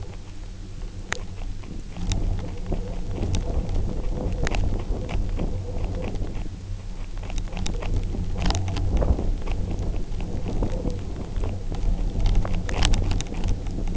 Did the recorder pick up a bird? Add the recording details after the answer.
no. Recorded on Arctic tundra, site UTQI-0, on 29 June 2018. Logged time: 08:00